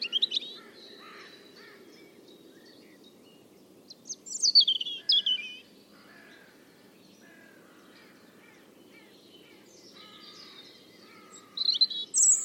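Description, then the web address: European robin song: brief high, liquid phrases with trills, separated by long pauses in which faint, softer bird notes can be heard. "Deverinetal 2025 File origin Bird Only Er Ru"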